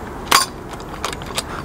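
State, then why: Seated. The metal spindle bar of an outside keyed doorknob is pushed into the door latch mechanism, and the knob is turned until it stops turning and gets stuck. A sharp metallic click at 0.3 s marks the spindle engaging the latch, followed by fainter clinks near 1.0 and 1.4 s. The knob and latch are now seated and joined together.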